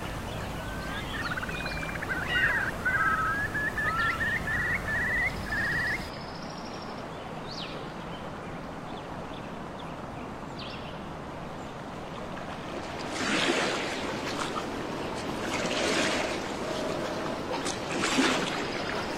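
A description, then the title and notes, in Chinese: Nature ambience with a steady low rush, bird chirps in the first six seconds, then softer wash with bursts of louder splashing after thirteen seconds. 真实录制的大自然白噪音氛围。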